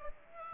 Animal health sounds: mosquito wingbeat signal from an infrared sensor; Aedes aegypti

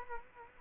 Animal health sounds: mosquito wingbeat signal from an infrared sensor; Culex quinquefasciatus

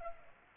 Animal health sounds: mosquito wingbeat signal from an infrared sensor; Culex pipiens

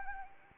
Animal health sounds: mosquito wingbeat signal from an infrared sensor; Anopheles arabiensis

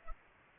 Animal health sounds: mosquito wingbeat signal from an infrared sensor; Culex pipiens

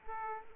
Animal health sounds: mosquito wingbeat signal from an infrared sensor; Aedes aegypti

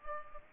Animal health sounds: mosquito wingbeat signal from an infrared sensor; Culex pipiens

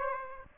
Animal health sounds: mosquito wingbeat signal from an infrared sensor; Aedes aegypti

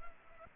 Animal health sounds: mosquito wingbeat signal from an infrared sensor; Culex pipiens

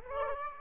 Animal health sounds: mosquito wingbeat signal from an infrared sensor; Aedes aegypti

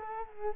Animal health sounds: mosquito wingbeat signal from an infrared sensor; Culex quinquefasciatus

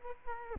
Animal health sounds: mosquito wingbeat signal from an infrared sensor; Culex quinquefasciatus

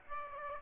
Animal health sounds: mosquito wingbeat signal from an infrared sensor; Aedes aegypti

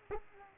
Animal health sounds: mosquito wingbeat signal from an infrared sensor; Aedes aegypti

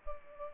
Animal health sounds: mosquito wingbeat signal from an infrared sensor; Culex pipiens

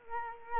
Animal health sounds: mosquito wingbeat signal from an infrared sensor; Culex quinquefasciatus

